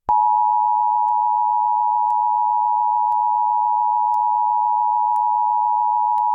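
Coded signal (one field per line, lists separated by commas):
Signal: Emergency Alert System (SAME) tones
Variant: 853 and 960 Hz attention tone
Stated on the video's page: Real severe thunderstorm and tornado warnings on an FM station that relays NOAA weather alerts live on air rather than directly.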